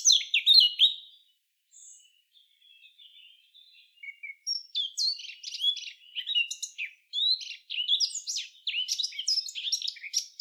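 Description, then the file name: Eurasian blackcap song: a short loud burst of notes, a pause with faint thin sounds, then a long busy warble of quick, jumbled twittering phrases. "Sylvia atricapilla"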